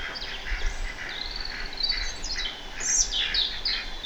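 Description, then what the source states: Bird song: several high twittering and chirping phrases overlap against a steady background hiss with low rumble. Birds singing by a river.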